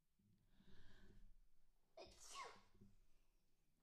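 A quick drawn-in breath, then one sharp, explosive burst of air: a single adult sneeze.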